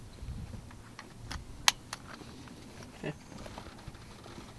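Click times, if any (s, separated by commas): 1.7 s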